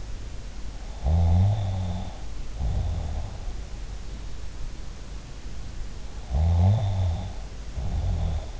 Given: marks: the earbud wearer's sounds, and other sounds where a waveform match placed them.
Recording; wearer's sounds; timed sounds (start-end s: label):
sounds in sleep by an in-ear microphone; snoring breath
1.04-3.46 s: snoring breath
6.25-8.60 s: snoring breath